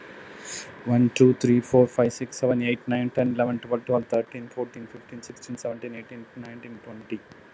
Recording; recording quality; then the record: counting at a fast pace; moderate, slight background noise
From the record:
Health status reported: healthy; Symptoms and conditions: none ticked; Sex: male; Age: 59 years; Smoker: not ticked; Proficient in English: yes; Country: India